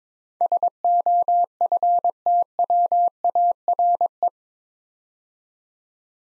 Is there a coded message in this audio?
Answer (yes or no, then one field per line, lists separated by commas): yes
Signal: Morse code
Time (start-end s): 0.4-4.3 s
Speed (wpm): 22 wpm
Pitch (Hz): 700 Hz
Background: none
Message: SOFTWARE